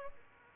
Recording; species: mosquito wingbeat signal from an infrared sensor; Aedes albopictus